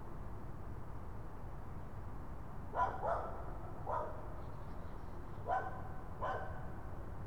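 Raccoon calls: a few brief throaty harmonic yelps over a constant low background hum.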